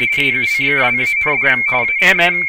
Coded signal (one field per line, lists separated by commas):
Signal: RTTY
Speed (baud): 45.45 baud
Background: speech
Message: AUCKLAND AND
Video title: Radioteletype Spectral Images